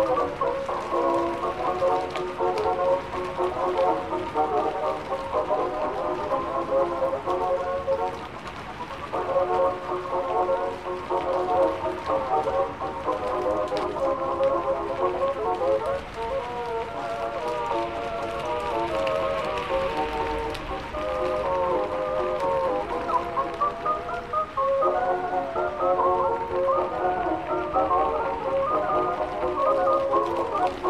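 Old pop music plays in another room, its muffled melody sitting in the low-middle range with brief lulls around 8, 15 and 24 seconds. Steady rain hisses underneath throughout, a dense, even patter that never lets up.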